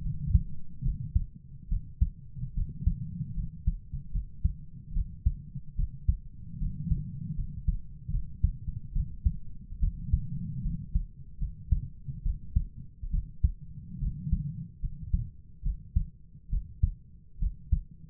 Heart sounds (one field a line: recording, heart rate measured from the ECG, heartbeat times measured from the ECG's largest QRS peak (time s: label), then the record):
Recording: heart sounds by stethoscope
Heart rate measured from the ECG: 73 bpm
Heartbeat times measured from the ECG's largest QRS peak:
0.03 s: heartbeat
0.83 s: heartbeat
1.69 s: heartbeat
2.55 s: heartbeat
3.36 s: heartbeat
4.13 s: heartbeat
4.94 s: heartbeat
5.77 s: heartbeat
6.59 s: heartbeat
7.37 s: heartbeat
8.12 s: heartbeat
8.93 s: heartbeat
9.81 s: heartbeat
10.63 s: heartbeat
11.40 s: heartbeat
12.23 s: heartbeat
13.11 s: heartbeat
14.00 s: heartbeat
14.82 s: heartbeat
15.64 s: heartbeat
16.50 s: heartbeat
17.40 s: heartbeat
From the record:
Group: healthy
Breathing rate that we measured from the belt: 16 breaths a minute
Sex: female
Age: 22 years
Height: 160 cm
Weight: 63 kg